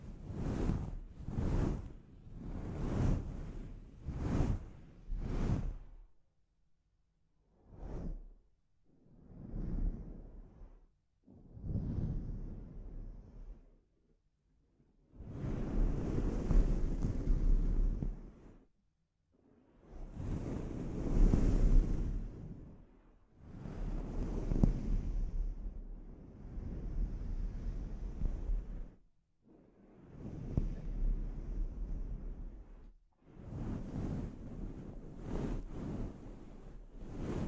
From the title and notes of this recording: ASMR Sleep Inducing Scalp Treatment (No Talking).